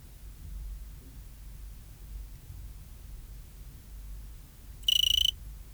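Cricket (Eugrylloides pipiens): cricket chirp near the end: a short, high, rapidly pulsed buzz of about half a second after several seconds of quiet low hum.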